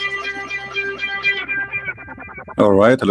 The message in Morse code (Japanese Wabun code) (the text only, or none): none